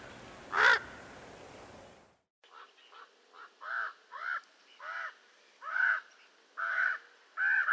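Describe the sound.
Raven calls: one loud caw over noisy background, then after a break a quick series of shorter, rasping caws that grow stronger.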